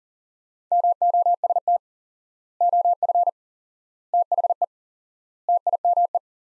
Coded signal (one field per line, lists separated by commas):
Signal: Morse code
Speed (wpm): 37 wpm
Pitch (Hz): 700 Hz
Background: none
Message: MOST OF THE TIME